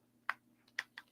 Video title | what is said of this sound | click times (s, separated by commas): LDO Box Turtle Kit Build Part 4 | and that one did click too so that did click so they just clicked into place there we go | 0.3 s, 0.8 s